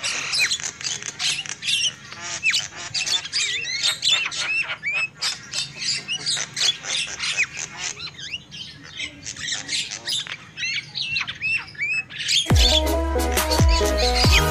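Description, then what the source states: Lovebirds chattering with shrill squawks and curved whistles for about twelve seconds, then loud instrumental music takes over at the end. Lure call used for trapping lovebirds.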